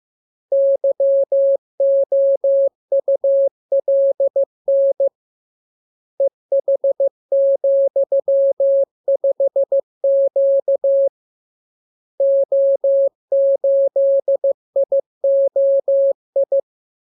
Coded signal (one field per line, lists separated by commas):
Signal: Morse code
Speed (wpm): 15 wpm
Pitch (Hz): 550 Hz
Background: none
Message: YOULN EH,5Q O8IOI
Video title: Learning Morse Code. Lesson 34. Letter KMURESNAPTLWI.JZ=FOY,VG5/Q92H38B?47